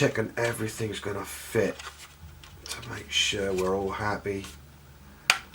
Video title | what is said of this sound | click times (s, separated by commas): Tamiya 1/32 F-16CJ Full Build Pt9. | it's all going to click into place just as I want it, which it is, before | 5.3 s